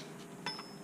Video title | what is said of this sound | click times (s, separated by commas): Armattan Rooster - Review, Ownership Experience & Setup After 1 Year | the way this guy snaps back in is you just go like that | 0.5 s